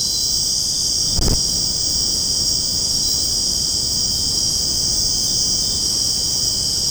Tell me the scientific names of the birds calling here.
none